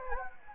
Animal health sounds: mosquito wingbeat signal from an infrared sensor; Anopheles gambiae

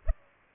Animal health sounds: mosquito wingbeat signal from an infrared sensor; Culex pipiens

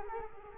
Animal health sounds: mosquito wingbeat signal from an infrared sensor; Culex quinquefasciatus

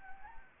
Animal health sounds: mosquito wingbeat signal from an infrared sensor; Anopheles gambiae

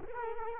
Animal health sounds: mosquito wingbeat signal from an infrared sensor; Culex quinquefasciatus

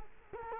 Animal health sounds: mosquito wingbeat signal from an infrared sensor; Culex quinquefasciatus

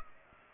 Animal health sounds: mosquito wingbeat signal from an infrared sensor; Culex pipiens

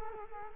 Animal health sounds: mosquito wingbeat signal from an infrared sensor; Culex quinquefasciatus

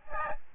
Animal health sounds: mosquito wingbeat signal from an infrared sensor; Aedes albopictus

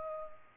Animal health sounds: mosquito wingbeat signal from an infrared sensor; Culex pipiens

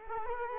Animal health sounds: mosquito wingbeat signal from an infrared sensor; Culex quinquefasciatus

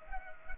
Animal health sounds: mosquito wingbeat signal from an infrared sensor; Culex pipiens

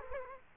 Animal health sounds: mosquito wingbeat signal from an infrared sensor; Culex quinquefasciatus

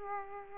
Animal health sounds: mosquito wingbeat signal from an infrared sensor; Aedes aegypti

